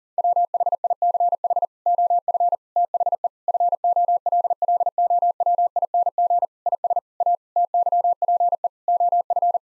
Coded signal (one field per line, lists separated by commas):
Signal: Morse code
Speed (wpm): 40 wpm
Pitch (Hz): 700 Hz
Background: none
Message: WHICH OF THE FOLLOWING IS A TYPE OF